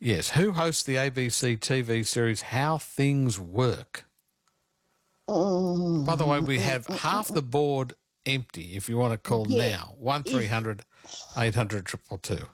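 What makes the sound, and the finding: Adult male radio host. Normal speech.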